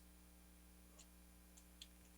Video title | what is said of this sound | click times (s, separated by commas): Oknife U1 Ultra: New Version in Aluminum Handle with Ceramic Utility Blade! | and locks in place there. | 1.8 s